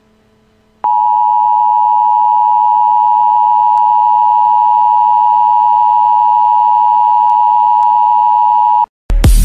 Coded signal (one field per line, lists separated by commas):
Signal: Emergency Alert System (SAME) tones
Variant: 853 and 960 Hz attention tone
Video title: EAS: Crabmoment